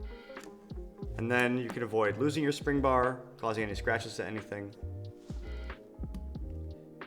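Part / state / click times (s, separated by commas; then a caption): strap spring bar in watch case lug / released / 7.0 s. A metal spring bar on a watch strap is compressed with a spring bar tool and held back as it comes out of the lug hole on the watch case, while someone talks over soft music. The bar clicks out of the lug at 7.0 s, and the strap is released.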